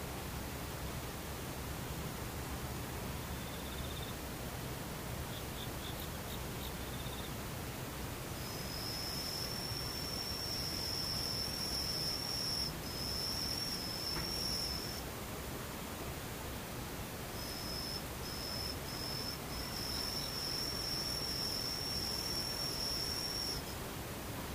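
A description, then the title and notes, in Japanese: Near silence holds a steady soft hiss, with occasional insects: a faint short chirp near four seconds, then a thin, high, even buzz from about eight to fifteen seconds that returns from about seventeen seconds to the end. 無音たまにセミムシ。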